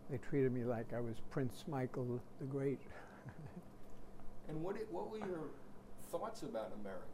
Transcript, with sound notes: they treated me like I was Prince Michael the Great. [chuckles]
And what — what were your thoughts about America?